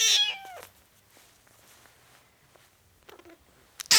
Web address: BBC Sound Effects Library Cats Four Week Old Kitten, Meowing